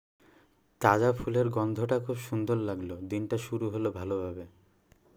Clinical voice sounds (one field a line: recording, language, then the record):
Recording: elicited speech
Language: Bengali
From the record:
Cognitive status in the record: cognitively healthy